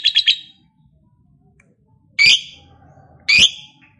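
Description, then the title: Lovebird calls: a short burst of three quick chirps, then two sharp, separate squeaky calls about a second apart, with quiet background between. Lovebird said to be lazy to sing, becoming eager and singing spontaneously, immediately 'narik' (long continuous song). "LOVEBIRD Malas Bunyi JADI GREGET SPONTAN Langsung NARIK"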